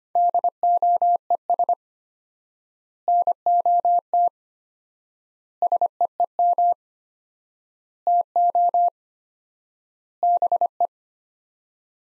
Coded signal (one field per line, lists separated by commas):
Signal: Morse code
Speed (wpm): 25 wpm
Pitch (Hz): 700 Hz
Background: none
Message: DOES NOT SEEM TO BE